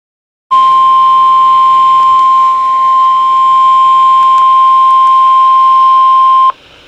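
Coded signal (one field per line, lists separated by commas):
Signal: Emergency Alert System (SAME) tones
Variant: 1050 Hz attention tone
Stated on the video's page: EAS tornado warning received on weather radio station and an FM station.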